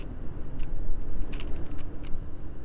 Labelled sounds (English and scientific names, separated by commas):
none